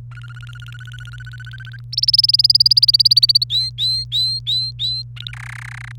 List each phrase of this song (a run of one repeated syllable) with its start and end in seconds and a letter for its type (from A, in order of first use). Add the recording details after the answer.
0.11-1.81 A, 1.93-3.44 B, 3.50-5.02 C, 5.16-5.31 A, 5.33-5.92 D. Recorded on 28 April 2018 at 09:21. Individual llb3